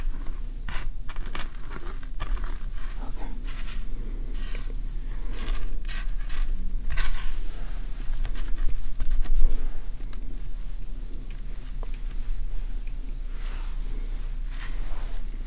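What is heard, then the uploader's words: Scalp treatment sounds for dandruff removal: quick, irregular scratching and plucking ticks come one after another throughout, growing busier and a little louder from about seven to ten seconds. A steady low hum sits underneath the whole time. ASMR Dandruff Removal & Scalp Check Scalp Plucking, Oiling, Treatment, Massage.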